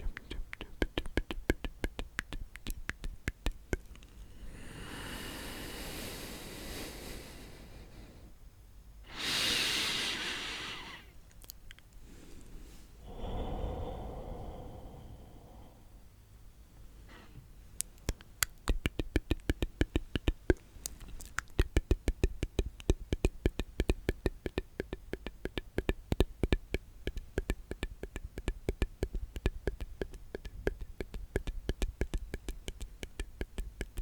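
Mouth sounds: a steady run of quick, sharp wet clicks and smacks. Between about 5 and 15 seconds, three breathy, hissing exhales or whispers swell up. After that the clicking returns, denser and crisper, continuing to the end.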